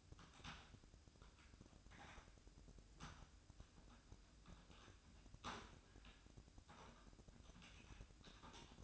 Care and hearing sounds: daily activity, microphone in the room; typing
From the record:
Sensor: 2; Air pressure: 1007.5 hPa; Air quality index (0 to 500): 43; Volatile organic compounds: 1 ppm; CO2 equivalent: 549 ppm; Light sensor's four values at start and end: 9/23/9/10 and 9/23/9/10

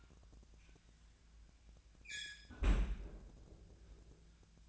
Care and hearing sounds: daily activity, microphone in the room; close fridge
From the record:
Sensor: 2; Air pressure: 1009.6 hPa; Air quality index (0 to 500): 182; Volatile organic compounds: 11 ppm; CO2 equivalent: 2275 ppm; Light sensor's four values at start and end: 26/65/28/31 and 26/65/28/31

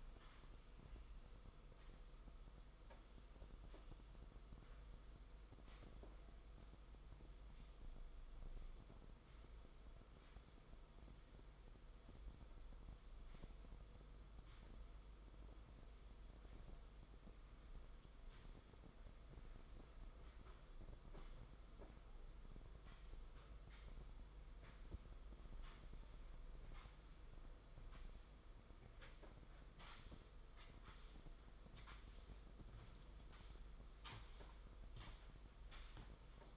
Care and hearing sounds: daily activity, microphone in the room; sweep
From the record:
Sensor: 5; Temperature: 22.3 degrees Celsius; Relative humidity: 52.2%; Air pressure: 990.7 hPa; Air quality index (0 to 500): 163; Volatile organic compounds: 287 ppm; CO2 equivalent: 4452 ppm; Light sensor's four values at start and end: 43/133/51/55 and 41/126/49/52

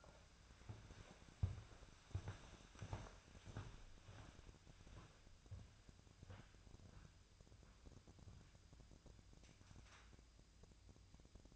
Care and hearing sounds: daily activity, microphone in the room; walk to room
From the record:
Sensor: 2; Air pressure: 999.8 hPa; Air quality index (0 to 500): 120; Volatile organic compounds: 2 ppm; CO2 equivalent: 1034 ppm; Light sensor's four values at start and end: 26/63/28/31 and 28/65/29/32

